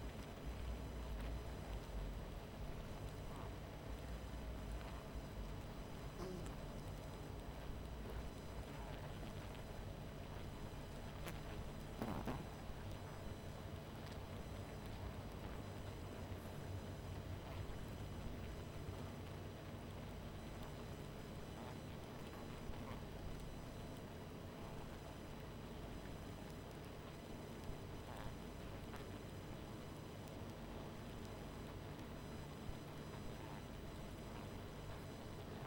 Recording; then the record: honeybee colony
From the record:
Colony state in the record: missing queen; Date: 14 July 2017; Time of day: 23:43